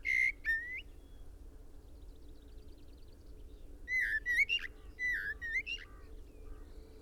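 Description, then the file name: Common blackbird song: a short fluted whistle, a silent gap of about three seconds, then two rich warbling phrases with squeaky high endings, over a low hum. "Turdus merula"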